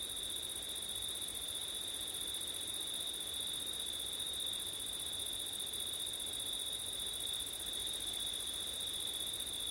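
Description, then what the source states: A high cricket trill runs unbroken with a higher shimmering layer above, over soft steady background noise. September night, with wind; ORTF stereo microphone setup.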